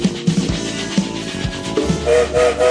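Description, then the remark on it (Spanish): A train whistle sounds a steady, sustained tone over the rhythmic chugging and clatter of a moving train, with a few rising toots partway through. No one speaks. “Sonó el silbato y ya estamos en marcha.”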